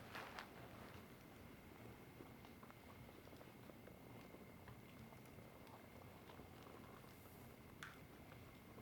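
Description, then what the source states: Cricket sound holds as one continuous high-pitched trill, while sudden snapping crackles from burning wood break in now and then, strongest near the start and end. At night at a campsite hut, with fire crackle and embers.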